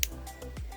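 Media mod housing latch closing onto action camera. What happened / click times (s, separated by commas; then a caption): The housing latch snapped shut and locked / 0.0 s. The latch door of a media mod housing is closed around an action camera, like a normal camera door, so that it safety-locks. A sharp click at 0.0 s is followed by a faint low hum and a softer tick near 0.6 s. The media mod latch is locked shut and connected.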